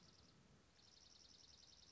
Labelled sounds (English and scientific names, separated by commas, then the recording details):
Dark-eyed Junco (Junco hyemalis)
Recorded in Sonoma County, California